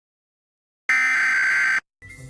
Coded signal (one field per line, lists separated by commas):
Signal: Emergency Alert System (SAME) tones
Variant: header bursts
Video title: perfect timing eas alerts (mock edition)